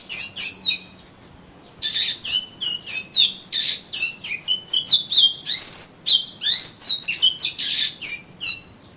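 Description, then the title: Oriental magpie-robin song, a rich run of sweet whistles, sharp chips and down-slurred notes in quick varied bursts, with a brief pause near the start. "Kacer Kacer"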